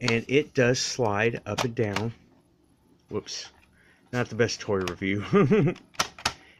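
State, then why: Seated. Someone talks while sliding the plastic elevator platform of a toy walker up and down. It snaps into its detent position with sharp clicks at 6.0 and 6.3 seconds, clicking in place and out.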